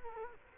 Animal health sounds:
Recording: mosquito wingbeat signal from an infrared sensor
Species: Culex quinquefasciatus

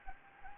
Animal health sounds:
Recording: mosquito wingbeat signal from an infrared sensor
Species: Anopheles gambiae

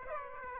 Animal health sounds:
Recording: mosquito wingbeat signal from an infrared sensor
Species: Aedes aegypti

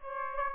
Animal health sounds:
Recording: mosquito wingbeat signal from an infrared sensor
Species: Aedes aegypti

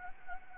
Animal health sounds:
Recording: mosquito wingbeat signal from an infrared sensor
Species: Anopheles gambiae

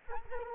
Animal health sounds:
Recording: mosquito wingbeat signal from an infrared sensor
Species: Culex quinquefasciatus

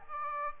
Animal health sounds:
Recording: mosquito wingbeat signal from an infrared sensor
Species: Aedes aegypti

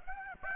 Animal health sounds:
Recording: mosquito wingbeat signal from an infrared sensor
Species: Aedes aegypti

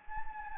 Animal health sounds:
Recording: mosquito wingbeat signal from an infrared sensor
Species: Anopheles gambiae

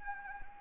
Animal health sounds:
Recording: mosquito wingbeat signal from an infrared sensor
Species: Anopheles arabiensis

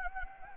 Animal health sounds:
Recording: mosquito wingbeat signal from an infrared sensor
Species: Anopheles gambiae

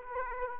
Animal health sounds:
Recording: mosquito wingbeat signal from an infrared sensor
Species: Aedes aegypti

